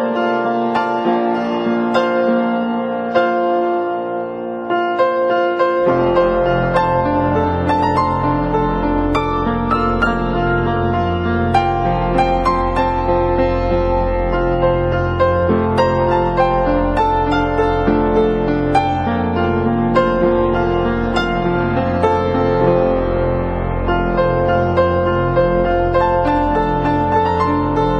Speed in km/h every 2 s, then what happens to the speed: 26, 30, 38, 40, 42, 44, 44, 44, 45, 48, 48, 47, 43, 44.
0-10 speeds up to 44. 10-28 steady at about 44.